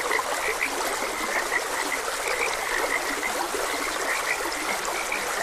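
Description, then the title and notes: Frogs croaking in a dense chorus, many short bright notes overlapping continuously, over a steady wash of trickling stream water. Frogs croaking beside a gentle stream. "Gentle Stream and Frogs Croaking - Calming Sounds of Nature. Sleep and Relaxation Podcast"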